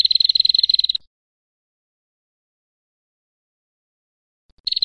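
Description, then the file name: Prinia giving a fast, buzzy, high rattling trill for about a second, a long silent gap, then the start of another trill. Female; fifth variation of the call. "prenjak-betina-variasi-5"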